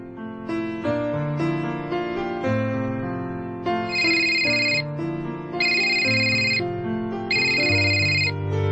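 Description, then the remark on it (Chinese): A melodic phone ringtone plays on and on with no answer, its tune repeating in bursts with bright high beeping tones recurring about every one and a half seconds, fairly loud and without any voices. “哎呀，做咩唔听电话噶？”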